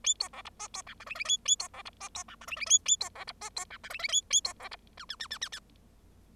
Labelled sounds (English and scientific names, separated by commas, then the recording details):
Bengalese Finch (Lonchura striata domestica) song
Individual Bird0